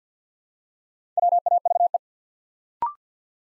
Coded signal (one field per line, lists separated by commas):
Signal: Morse code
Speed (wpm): 52 wpm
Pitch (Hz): 700 Hz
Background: none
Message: WAVE